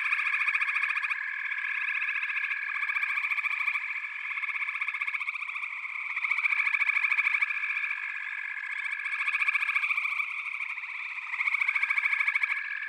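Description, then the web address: Frogs calling together in an unbroken chorus of buzzy trills; separate rapid-pulsed callers come and go every few seconds over the steady background. "The Natural Sounds of the Wilderness. Echoes of Nature - Frog Chorus"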